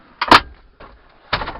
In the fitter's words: twist the seat round and it clicks into place